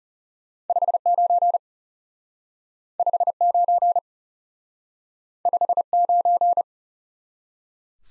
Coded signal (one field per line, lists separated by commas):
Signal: Morse code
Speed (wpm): 40 wpm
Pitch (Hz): 700 Hz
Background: none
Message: 59 59 59